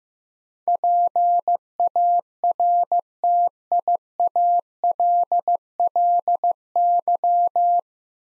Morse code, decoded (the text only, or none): PARTIALLY